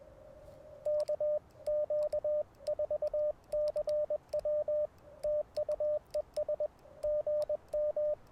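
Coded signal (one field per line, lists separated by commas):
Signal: Morse code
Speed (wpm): 21 wpm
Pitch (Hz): 600 Hz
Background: radio noise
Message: KQ4CW TU ES GM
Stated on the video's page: QRP CW POTA activation using Icom IC-705, AlexLoop magnetic loop antenna and Bamatech paddles.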